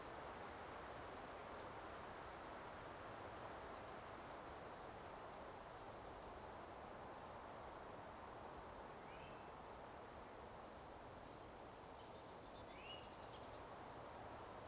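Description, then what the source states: Cicada song of regular high pulses roughly twice each second beneath heavy steady noise, with a couple of faint short chirps in the latter half. Cicadas in a forest by day.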